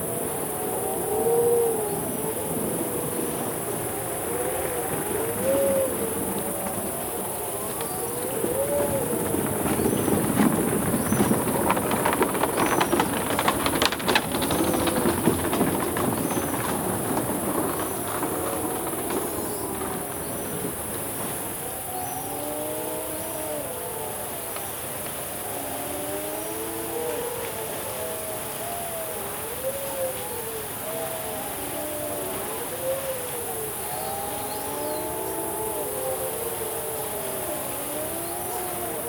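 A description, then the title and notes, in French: Night falls on Îlot Maître off Nouméa, New Caledonia, with a steady high insect whine running the whole time. Below it, dense, repeated swooping chirps overlap. A rushing noise swells between roughly 8 and 18 seconds, then fades, and the chirping carries on. La nuit vient de tomber sur l'îlot Maître au large de Nouméa en Nouvelle-Calédonie. Mais quel est ce son étrange qui s'échappe des pontons de l'hôtel Hilton ?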